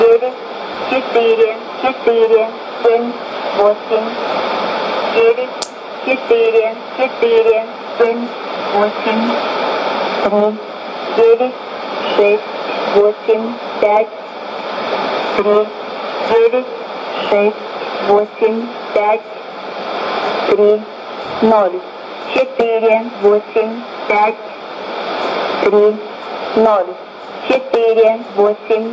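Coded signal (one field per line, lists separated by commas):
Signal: numbers station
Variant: S06s, Russian male voice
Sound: male voice reading short numbers in Russian at an even pace over radio hiss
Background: radio static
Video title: 18 02 2016 Numbers station S06s in Russian 0934 on 8812 CUSB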